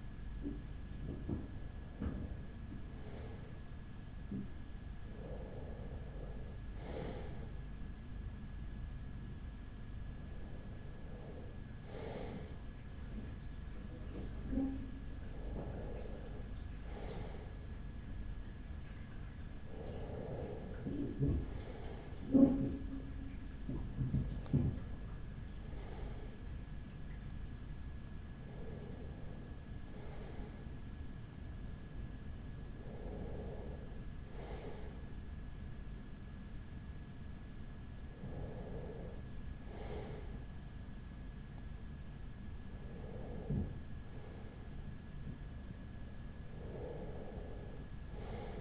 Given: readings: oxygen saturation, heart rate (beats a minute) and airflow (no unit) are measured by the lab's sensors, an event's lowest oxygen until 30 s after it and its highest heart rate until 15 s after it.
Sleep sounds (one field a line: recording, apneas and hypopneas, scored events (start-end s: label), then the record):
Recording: breathing in sleep by a smartphone at the bedside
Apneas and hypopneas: none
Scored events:
none scored
From the record:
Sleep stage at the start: REM sleep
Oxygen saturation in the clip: 94 to 95%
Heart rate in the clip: 36 to 47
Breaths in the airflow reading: 11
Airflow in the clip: -5.0 to 4.1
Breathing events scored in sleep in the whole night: 207 in 7.6 hours asleep